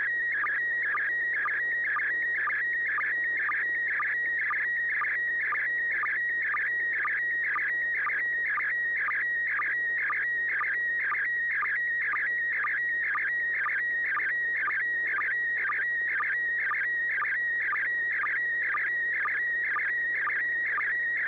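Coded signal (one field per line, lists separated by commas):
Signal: SSTV (slow-scan television)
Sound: continuous warbling tone scanning image lines, with a short low sync blip about twice a second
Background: steady low hum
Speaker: uh thank you yeah a good copy here uh let's see what Joel thinks the as6 DG did you receive that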